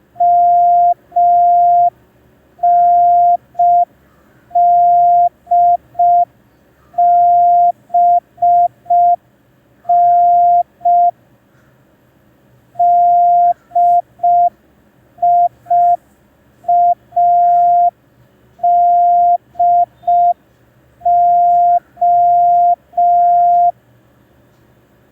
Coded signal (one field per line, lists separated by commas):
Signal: Morse code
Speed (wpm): 5 wpm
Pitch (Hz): 700 Hz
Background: none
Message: MNDBN DIADO